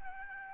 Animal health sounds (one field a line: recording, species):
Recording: mosquito wingbeat signal from an infrared sensor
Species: Aedes albopictus